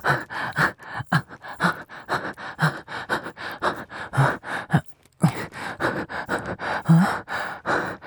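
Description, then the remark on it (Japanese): Soft, airy breaths blow against the ear, a steady run of breathy exhales and gasps repeating for several seconds with a brief pause midway, with no talking, in a Japanese-language audio drama. “吐息が耳にかかると気持ちいいの。”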